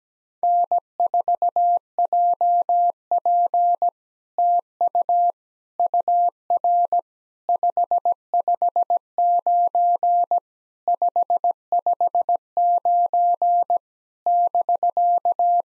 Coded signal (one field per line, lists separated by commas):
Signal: Morse code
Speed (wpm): 17 wpm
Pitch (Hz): 700 Hz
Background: none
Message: N4JP TU UR 559 559 <BK>